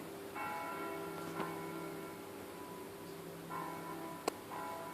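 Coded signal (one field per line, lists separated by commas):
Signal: bell signal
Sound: a single church bell struck three times at uneven intervals, ringing on between strokes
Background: occasional clicks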